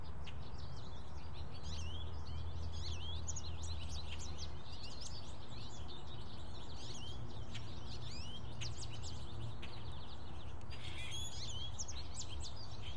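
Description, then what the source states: American goldfinch calls: a sustained high twitter of quick chirps and short notes, set against constant low rumbling background noise. Recorded in Fort Collins on April 12, 2016, at 1:59 pm.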